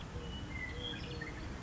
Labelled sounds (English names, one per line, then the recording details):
Western Meadowlark
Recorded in Sonoma County, California